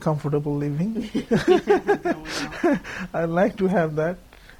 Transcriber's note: laughter